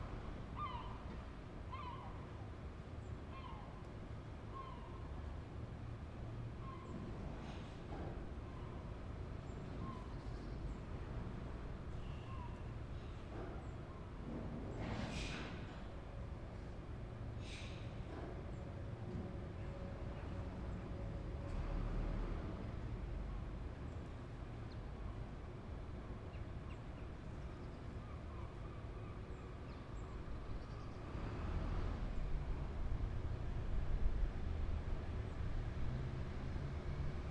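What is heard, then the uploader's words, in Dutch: Tree removal amid buildings: a steady low rumble, short chirps early on, a few sharp cracks midway, and a louder surge near the end. Cutting down a tree Den Haag. Cutting down a tree in a densely built place; branch by branch, from top to bottom. Het verwijderen van een boom in een dicht bebouwd gebied; tak voor tak, van boven naar beneden.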